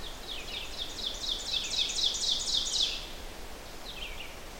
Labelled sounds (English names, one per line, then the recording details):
Ovenbird song
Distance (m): 45 m
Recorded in boreal forest in Alberta, Canada, on 12 June 2016 at 05:50
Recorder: SongMeter 3, array SBT-3-18
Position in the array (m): 200 m, 82 m
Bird 31